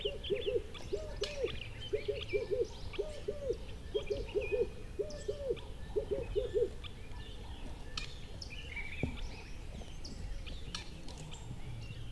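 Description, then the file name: Birds calling: a run of low hooting notes in quick groups for about seven seconds, then quieter high chirps and scattered whistles over soft background noise. Country birds calling. "country birds call"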